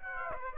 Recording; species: mosquito wingbeat signal from an infrared sensor; Aedes aegypti